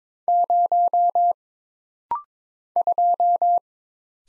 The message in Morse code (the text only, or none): 0 2